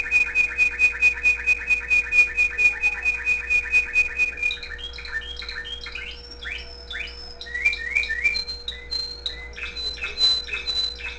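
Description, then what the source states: Canary song opening with an even, rapid repeated trill, then shifting into varied whistled phrases and high sustained notes. Owner's own canary singing, with background music playing.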